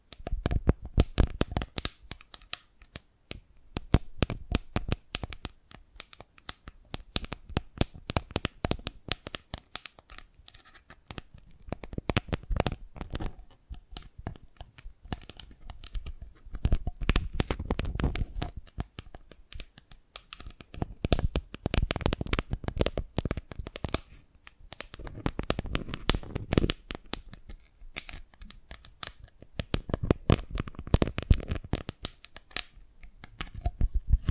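Dalgona candy is tapped and cracked in a dense, irregular stream of sharp little clicks and snaps that runs through the whole clip. Busier bursts with heavier, crunchier breaks come around 17–19 and 25–27 seconds, with brief quieter gaps between.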